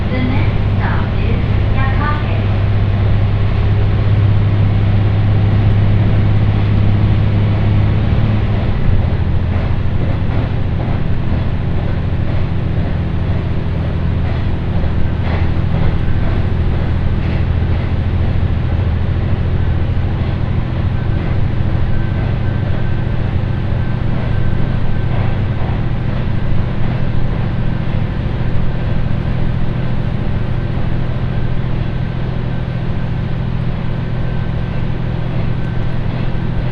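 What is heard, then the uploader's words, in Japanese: A train ride on the Ibara Railway, heard as a steady, dense low rumble that fills the whole clip. A deep engine drone holds through the first nine seconds, then shifts lower and smoother, with faint clicks and brief higher whines scattered throughout. 井原鉄道 道上→神辺→備中呉妹。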